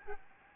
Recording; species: mosquito wingbeat signal from an infrared sensor; Aedes albopictus